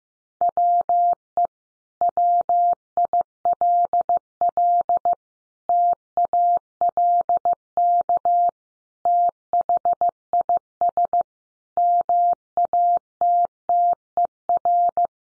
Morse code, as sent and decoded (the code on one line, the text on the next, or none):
.-- . / .-- .. .-.. .-.. / - .- .-.. -.- / - .... .. ... / -- .- - - . .-.
WE WILL TALK THIS MATTER